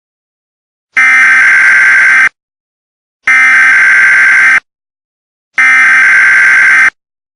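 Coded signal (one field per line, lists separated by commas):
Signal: Emergency Alert System (SAME) tones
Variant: header bursts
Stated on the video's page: Fictional EAS scenario, simulated alert.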